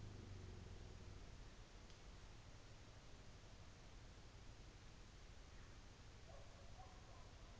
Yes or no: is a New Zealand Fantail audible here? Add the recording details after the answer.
no. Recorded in New Zealand on 24 December 2018. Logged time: 17:45